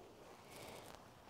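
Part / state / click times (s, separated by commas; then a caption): plastic harness strap catch clipping onto rucksack strap / seated / 0.9 s. A small plastic chest strap catch on the harness of a Montane Women's Trailblazer 16 rucksack is clipped onto its mating part, making a short, sharp click at 0.9 s over a low rustling background. The catch seats and holds, and a sideways pull will not pull it off.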